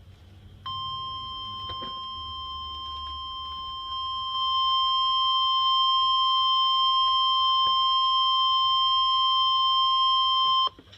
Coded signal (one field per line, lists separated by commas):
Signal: Emergency Alert System (SAME) tones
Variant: 1050 Hz attention tone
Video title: EAS #879: Severe Thunderstorm Warning (2/20/2014)